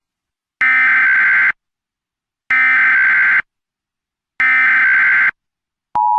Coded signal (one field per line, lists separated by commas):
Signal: Emergency Alert System (SAME) tones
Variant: header bursts